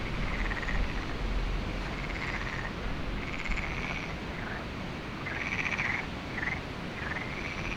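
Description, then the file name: Frogs calling with pulsed rasping notes, some rising or falling briefly, several overlapping in a chorus, with low wind rumble throughout. Frogs recorded at Lagoa do Canário with wind, binaural recording. "Lagoado Canario frogs wind web binaural"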